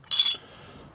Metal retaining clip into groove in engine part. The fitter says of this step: And it's popped in now.